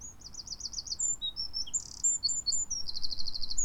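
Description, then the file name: Eurasian wren pouring out a fast, high-pitched song of rattling trills and sharp varied notes, with another rapid trill near the end, over a low steady background rumble. "Troglodytes troglodytes"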